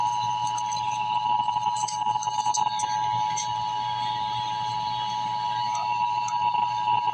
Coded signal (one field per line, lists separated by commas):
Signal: Emergency Alert System (SAME) tones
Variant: 853 and 960 Hz attention tone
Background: speech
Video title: EAS Update - Heat Advisory - Jun 20, 2024 at 9:47 PM EDT